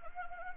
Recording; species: mosquito wingbeat signal from an infrared sensor; Anopheles gambiae